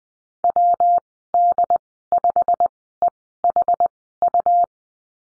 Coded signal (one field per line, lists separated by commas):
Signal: Morse code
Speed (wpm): 20 wpm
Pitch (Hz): 700 Hz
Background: none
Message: WD5EHU